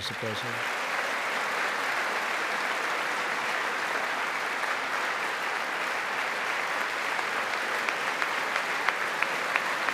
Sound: applause

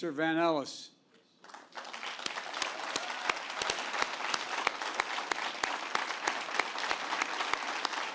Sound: applause

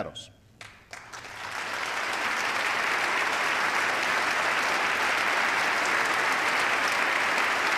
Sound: applause

